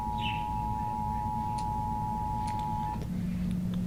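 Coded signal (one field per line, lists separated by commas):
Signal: Emergency Alert System (SAME) tones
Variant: 853 and 960 Hz attention tone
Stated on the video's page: SAME alert tones as used by NOAA Weather Radio receivers.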